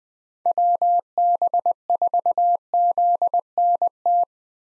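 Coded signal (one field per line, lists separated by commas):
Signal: Morse code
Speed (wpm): 21 wpm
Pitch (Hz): 700 Hz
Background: none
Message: WB4ZNT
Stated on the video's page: Head-copy drill of US six-character call signs at 20 wpm, each sent twice before being spoken, then sent again.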